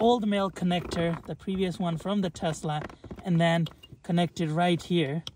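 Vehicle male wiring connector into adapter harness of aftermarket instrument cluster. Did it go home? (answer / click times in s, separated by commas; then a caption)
no / none. Someone talks while handling the original male wiring harness connector from a Tesla Model 3/Y, getting ready to push it into the plastic connector on the adapter harness of a new aftermarket portable instrument-cluster kit. Only speech is heard, and the connector has not seated or clicked yet.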